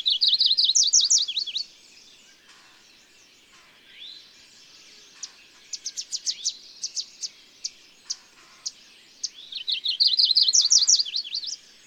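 Songbird singing a bright, rapid warbled trill, then a stretch of separate high sharp notes, before the full trilled phrase returns near the end.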